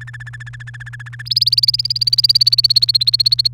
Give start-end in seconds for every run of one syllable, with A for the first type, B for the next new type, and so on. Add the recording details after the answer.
0.01-1.22 A, 1.25-3.48 B. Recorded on 29 April 2018 at 13:47. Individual llb3